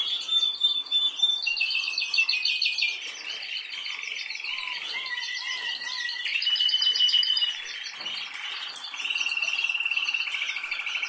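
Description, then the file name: Canary singing continuously, fast chattering trills and bright whistled rolls that change pitch every few seconds, with a short run of low rising notes midway. "Canary Voice"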